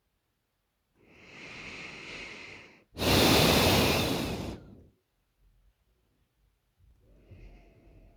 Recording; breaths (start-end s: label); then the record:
nose breathing near a microphone
0.84-2.86 s: inhalation
2.86-4.53 s: exhalation
6.83-8.17 s: inhalation
From the record:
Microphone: phone